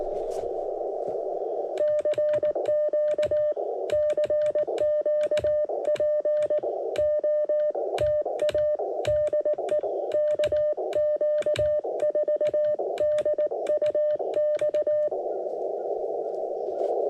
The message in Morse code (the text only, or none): CQ CQ POTA DE KQ4DUX